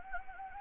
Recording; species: mosquito wingbeat signal from an infrared sensor; Anopheles gambiae